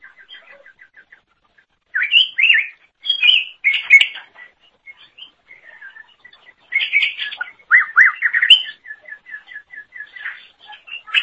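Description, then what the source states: Leafbird song of looping whistled phrases mixed with soft, evenly repeated ticking notes between the louder bursts. Cucak ijo song.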